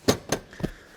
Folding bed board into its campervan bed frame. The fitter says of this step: show you how quick it is to do so you can hear them clicking in there